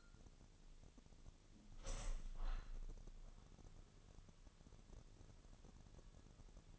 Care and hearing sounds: daily activity, microphone in the room; open window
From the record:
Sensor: 4

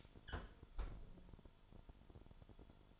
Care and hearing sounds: daily activity, microphone in the room; close fridge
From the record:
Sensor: 5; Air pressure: 1007.9 hPa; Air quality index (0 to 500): 96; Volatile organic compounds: 1 ppm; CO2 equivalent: 755 ppm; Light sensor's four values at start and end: 39/89/37/38 and 38/87/36/37

